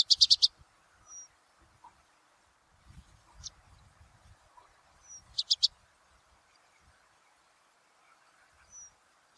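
Himalayan red-browed rosefinch calls in short bursts of high, dry chirps every few seconds, with thin whistled notes between and faint low knocks in the background.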